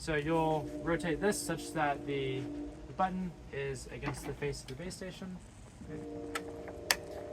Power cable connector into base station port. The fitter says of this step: you'll push it until it clicks.